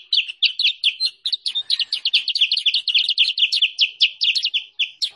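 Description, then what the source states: Sooty-headed bulbul song: a dense, fast stream of short chirpy notes, bright and slightly buzzy, run together almost without pause. Indonesian masteran training and lure (pikat) recording used for trapping or teaching songbirds.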